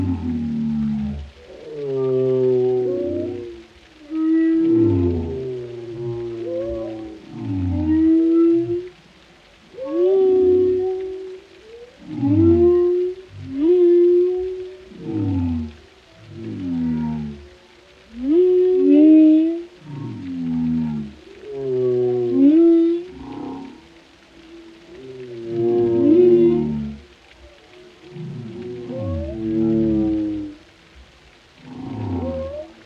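Whale calls fill the water in a steady stream of long moaning cries, each rising or sliding in pitch and lasting a second or two, with brief gaps between. The voices sit low to middle, some overlapping, with a faint watery hiss beneath.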